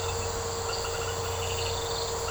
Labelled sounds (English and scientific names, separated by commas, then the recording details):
none
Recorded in secondary vegetation near Puerto Asís, Putumayo, Colombia, on 13 March 2025 at 22:00
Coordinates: 0.468, -76.324
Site G059